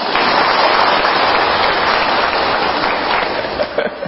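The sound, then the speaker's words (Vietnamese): About 28 people gathered at a pagoda clap steadily, a dense, loud wash of many hands sustained throughout the few seconds, with no voices standing out. “Vậy mà chùa mình được 28 người tụ lại cho một chàng pháo tay.”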